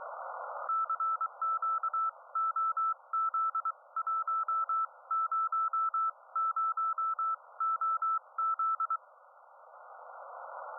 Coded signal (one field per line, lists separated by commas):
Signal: Morse code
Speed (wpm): 23 wpm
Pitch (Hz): 1320 Hz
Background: none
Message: CQ OZ100OZ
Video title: Monitor the Situation : CW & Ham Radio 5.3.2026